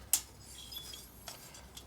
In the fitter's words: You hear it popping in and out every time it goes.